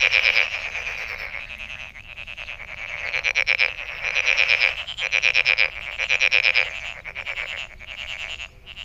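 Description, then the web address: Frog chorus of fast rattling pulse trains, several bursts rising and falling in loudness and broken by short gaps between groups. Recorded 23 May 2008. "misc sound frog frog 20080523"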